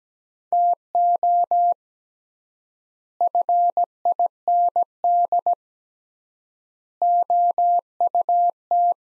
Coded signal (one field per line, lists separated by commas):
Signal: Morse code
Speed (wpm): 17 wpm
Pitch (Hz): 700 Hz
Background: none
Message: TO FIND OUT